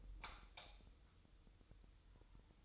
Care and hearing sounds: daily activity, microphone in the room; light off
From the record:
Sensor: 3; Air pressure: 988.4 hPa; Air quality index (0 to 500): 190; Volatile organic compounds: 261 ppm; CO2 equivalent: 4389 ppm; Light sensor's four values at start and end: 11/28/11/11 and 8/19/8/8

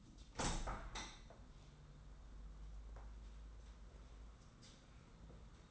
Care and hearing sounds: daily activity, microphone in the room; open window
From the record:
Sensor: 3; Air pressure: 994.4 hPa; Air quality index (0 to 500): 206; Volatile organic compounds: 1000 ppm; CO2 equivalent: 6909 ppm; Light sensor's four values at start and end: 94/222/89/82 and 104/242/99/91

